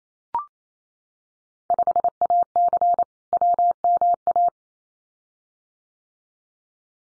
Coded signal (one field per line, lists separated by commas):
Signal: Morse code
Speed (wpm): 28 wpm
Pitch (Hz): 700 Hz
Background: none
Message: 5AC WMA